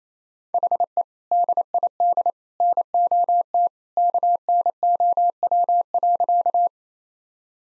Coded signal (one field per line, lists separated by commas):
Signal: Morse code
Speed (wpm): 28 wpm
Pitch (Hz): 700 Hz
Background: none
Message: HE DID NOT KNOW.